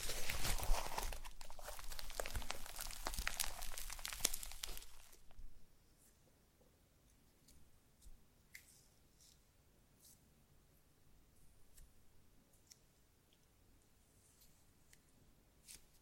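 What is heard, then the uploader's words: Slime squishes and crackles densely for about five seconds, then falls quiet, leaving only scattered soft clicks and pops until the end. ASMR SLIME No Talking Satisfying slime Sounds.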